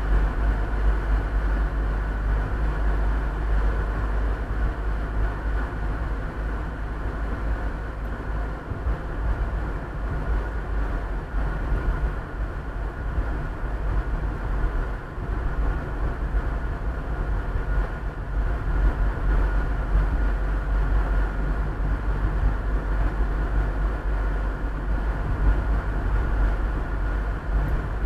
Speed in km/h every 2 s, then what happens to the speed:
48, 49, 51, 51, 49, 47, 47, 45, 44, 45, 45, 46, 47, 48.
0-5 steady at about 49. 5-16 slows to 44. 16-28 steady at about 45.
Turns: none.